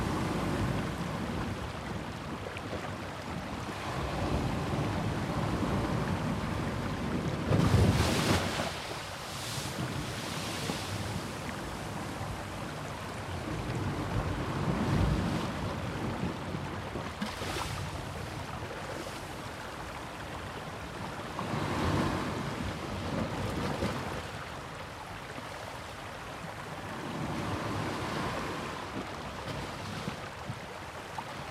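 Wind blows steadily along the coast while waves wash in, swelling into louder rushes around 8, 15, 22 and 27 seconds. A low rumble runs underneath throughout, and the surf fills the scene densely without pause.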